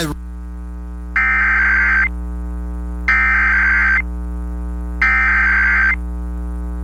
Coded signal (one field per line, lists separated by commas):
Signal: Emergency Alert System (SAME) tones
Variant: header bursts